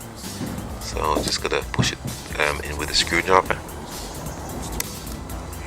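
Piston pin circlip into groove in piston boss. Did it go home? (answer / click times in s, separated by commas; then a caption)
yes / 4.8 s. Someone talks while pushing the metal wrist-pin circlip the rest of the way into its groove in the piston boss of a two-stroke TrueShopping BC4902 strimmer piston with a screwdriver. The engine is having its piston and cylinder replaced because it was running on fuel only. A single sharp click at 4.8 s marks the circlip seating fully in its groove.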